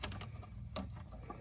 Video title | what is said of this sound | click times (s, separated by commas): Mercedes SL600 V12 Coilover Conversion - Alabama to Ohio - Gold Element Autoworks | this pulls back and it snaps into place | 0.8 s